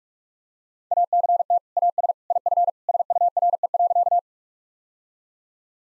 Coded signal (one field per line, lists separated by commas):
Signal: Morse code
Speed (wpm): 46 wpm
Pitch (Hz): 700 Hz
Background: none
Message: ACT AS IF SURE.